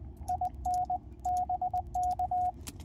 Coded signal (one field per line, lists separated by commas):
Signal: Morse code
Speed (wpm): 19 wpm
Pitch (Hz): 730 Hz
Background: radio noise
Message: IN BK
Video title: Is POTA a "gateway" into contesting? +POTA activation US-4206